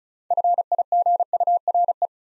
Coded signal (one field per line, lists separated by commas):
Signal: Morse code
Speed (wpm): 36 wpm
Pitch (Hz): 700 Hz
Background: none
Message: FIGURE